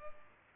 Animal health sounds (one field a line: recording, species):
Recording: mosquito wingbeat signal from an infrared sensor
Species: Culex pipiens